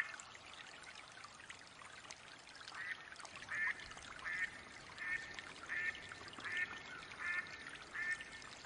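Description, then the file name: Mallard quacks, quiet at first, then a regular series of nasal quacks about every 0.7 seconds from the third second onward, with light background noise. Female mallard (hen) quacking. "Mallard duck quacking call sounds Female Hen"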